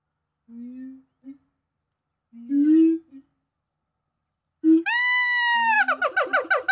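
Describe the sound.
Gibbon calls: a few low, soft hoots, then a long, clear, slightly falling whoop followed by a rapid run of bubbling notes.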